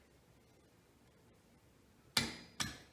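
A 1/2" drive click-type torque wrench set to 80 ft-lb tightens the outer lock nut on the front spindle hub of a full-size Jeep Grand Wagoneer / J truck. After quiet low background noise, a sharp metallic click rings out at 2.2 s, followed by a softer second click at about 2.6 s. The wrench has clicked, confirming the nut is torqued to 80 ft-lb.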